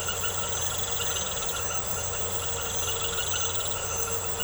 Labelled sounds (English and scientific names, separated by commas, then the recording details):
none
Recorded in secondary vegetation near Puerto Asís, Putumayo, Colombia, on 4 March 2025 at 22:00
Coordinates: 0.468, -76.324
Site G059